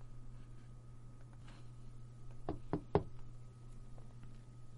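Three quick knocks on a door from the outside, evenly spaced and fairly sharp, land over a steady low hum, with the last knock slightly louder than the first two.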